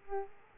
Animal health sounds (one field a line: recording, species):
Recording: mosquito wingbeat signal from an infrared sensor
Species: Aedes aegypti